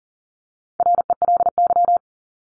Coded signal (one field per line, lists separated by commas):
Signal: Morse code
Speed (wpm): 40 wpm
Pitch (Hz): 700 Hz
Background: none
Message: RELY